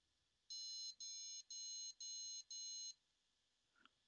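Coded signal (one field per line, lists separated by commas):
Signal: beep code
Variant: ASRock motherboard POST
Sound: five evenly spaced, shrill buzzy beeps of equal length in quick succession, then silence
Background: faint click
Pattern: 5 short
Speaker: that was five beeps I do not know what five beeps are for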